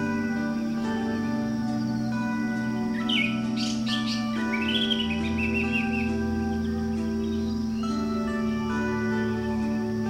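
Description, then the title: Bird sings a short burst of sharp, descending chirps in the middle, the rest mostly a steady low hum. "SuaraBurung Kicau"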